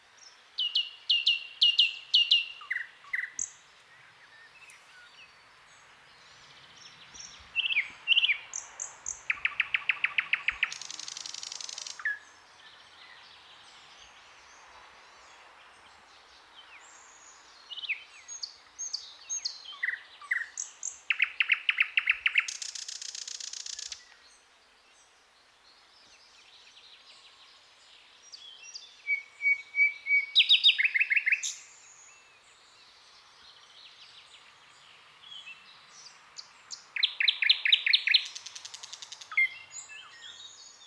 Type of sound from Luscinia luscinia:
song